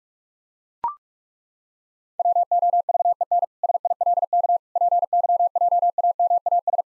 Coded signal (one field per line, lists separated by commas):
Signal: Morse code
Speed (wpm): 41 wpm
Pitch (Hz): 700 Hz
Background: none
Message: WOVEN SILK PYJAMAS